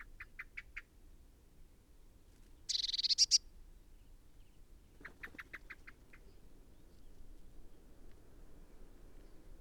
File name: Cyanistes caeruleus